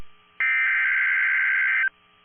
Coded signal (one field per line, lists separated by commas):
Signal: Emergency Alert System (SAME) tones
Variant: header bursts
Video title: NOAA Weather Radio - Severe Thunderstorm Warning [EAS #87] (3/7/22)